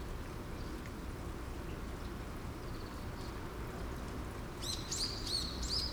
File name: light rain birds chirp rice field springtime